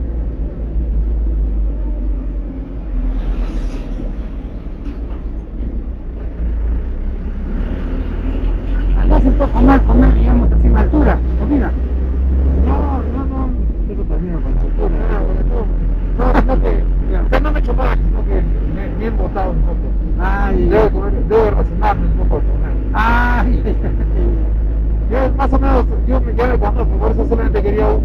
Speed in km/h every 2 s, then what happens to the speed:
14, 10, 6, 6, 10, 15, 19, 19, 20, 22, 22, 23, 24, 24.
0-6 slows to 6. 6-13 speeds up to 19. 13-28 steady at about 22.